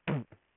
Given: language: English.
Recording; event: throat vibration sensor signal played as sound; throat clearing